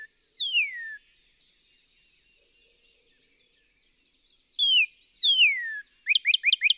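Northern cardinal song: loud down-slurred whistles, then a rapid series of upslurred notes at the end.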